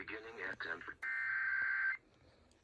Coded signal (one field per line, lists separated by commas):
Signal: Emergency Alert System (SAME) tones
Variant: header bursts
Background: speech